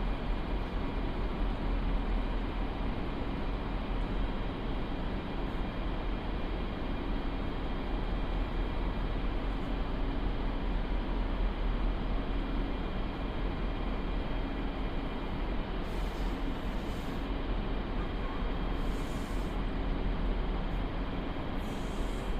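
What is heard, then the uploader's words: A steady, dense rumble from inside a moving train, heavy in the low end with a constant rushing roar that barely changes over the whole stretch. Faint brighter hisses break through a few times near the end, around the sixteenth to twentieth seconds. Train to Leipzig. We hop on board a train heading to Leipzig.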